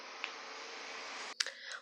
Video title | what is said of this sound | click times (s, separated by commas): Amigurumi Nossa Senhora das Graças Tutorial - Passo a Passo (Parte 1) | put them in this position, look, I'm going to tighten them until they click here. | 1.4 s